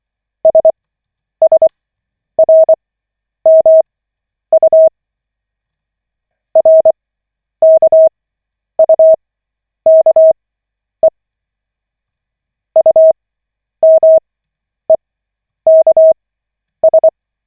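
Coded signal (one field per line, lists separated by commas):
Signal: Morse code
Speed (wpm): 24 wpm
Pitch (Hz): 640 Hz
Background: none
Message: SSRMU RKUKE UMEKS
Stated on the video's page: Koch method Morse practice session from the LCWO.net website, lesson 5 of 40.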